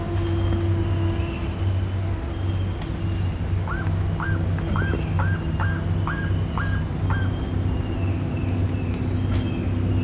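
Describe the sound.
Bird giving a quick run of about eight hooked, slightly rising notes midway through, over a constant low engine-like hum.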